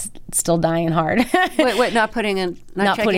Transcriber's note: laughter